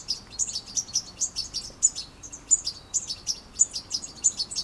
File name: Carduelis carduelis